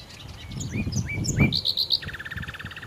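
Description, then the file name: Common nightingale song: three rising whistles, four loud bright notes, then a rapid buzzy trill; low rumbling background noise throughout. "Nachtigall"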